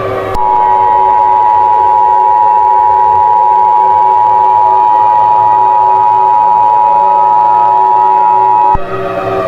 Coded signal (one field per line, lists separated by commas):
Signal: Emergency Alert System (SAME) tones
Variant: 853 and 960 Hz attention tone